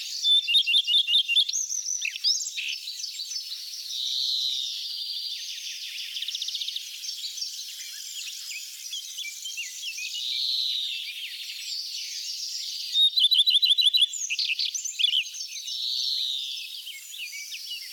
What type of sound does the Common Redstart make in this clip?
song